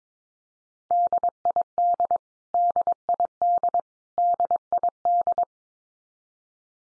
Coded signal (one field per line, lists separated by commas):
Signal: Morse code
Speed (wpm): 22 wpm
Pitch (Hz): 700 Hz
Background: none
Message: DID DID DID